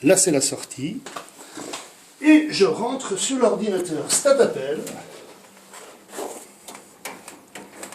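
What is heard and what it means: Someone talks while handling the plug of a red RJ45 network cable, run from a phone's network output, toward a computer's Ethernet port, with a few short, light handling taps near the end. The plastic plug has not clicked or seated in the port yet.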